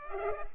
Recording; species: mosquito wingbeat signal from an infrared sensor; Culex pipiens